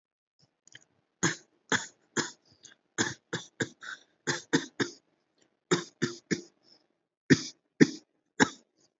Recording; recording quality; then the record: shallow voluntary cough; excellent, no background noise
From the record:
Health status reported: recovered from COVID-19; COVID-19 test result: negative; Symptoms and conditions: none ticked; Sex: male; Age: 24 years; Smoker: not ticked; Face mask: worn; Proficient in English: yes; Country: India